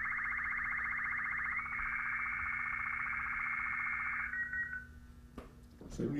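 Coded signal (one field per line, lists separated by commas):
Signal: SSTV (slow-scan television)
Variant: 8-second black and white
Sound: fast buzzing warble of repeated rising tone sweeps, settling into a steady high whistle, then a click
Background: low mains hum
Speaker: we'll load another image here this one has a gradient from dark to light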